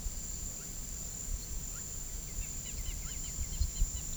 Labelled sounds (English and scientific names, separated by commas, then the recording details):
Russet-backed Oropendola (Psarocolius angustifrons), Southern Lapwing (Vanellus chilensis)
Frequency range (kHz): Southern Lapwing (Vanellus chilensis) 1.7-4.8 kHz
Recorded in pastures near Puerto Asís, Putumayo, Colombia, on 21 February 2024 at 08:00
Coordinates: 0.486, -76.323
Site G6462